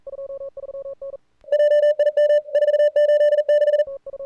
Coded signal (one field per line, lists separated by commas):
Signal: Morse code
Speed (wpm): 42 wpm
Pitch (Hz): 2950 Hz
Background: radio noise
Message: JIM 486